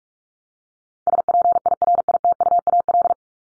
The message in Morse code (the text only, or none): SPIRITUAL